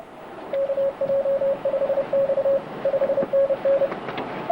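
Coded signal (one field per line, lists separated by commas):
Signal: Morse code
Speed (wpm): 31 wpm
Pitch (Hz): 550 Hz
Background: radio noise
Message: KJ5X 5NN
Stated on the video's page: Morse from a DXpedition to Baker Island.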